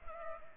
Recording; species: mosquito wingbeat signal from an infrared sensor; Culex pipiens